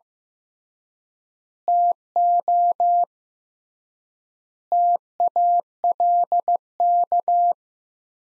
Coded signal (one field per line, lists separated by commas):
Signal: Morse code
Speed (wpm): 15 wpm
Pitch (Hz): 700 Hz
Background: none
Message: TO TALK